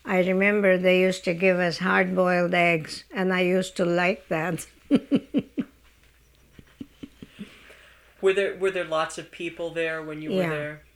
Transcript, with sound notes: I remember they used to give us hard boiled eggs, and I used to like that. ( she laughs )
Were there lots of people there when you were there?